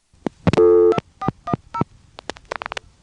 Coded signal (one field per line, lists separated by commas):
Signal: DTMF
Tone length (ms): 80 ms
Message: 2410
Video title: ITT Pentaconta Crossbar Switch in Asheboro NC 4th pgm, Summer 1986